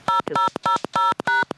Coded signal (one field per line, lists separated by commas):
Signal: DTMF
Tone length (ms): 130 ms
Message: 0000#